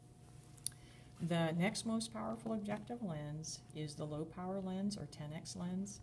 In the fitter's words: and you'll hear that little click and that click is important because it's telling you that now your objective lens is is in alignment